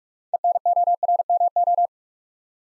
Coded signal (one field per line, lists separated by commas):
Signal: Morse code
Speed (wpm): 44 wpm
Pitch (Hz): 700 Hz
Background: none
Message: ENORMO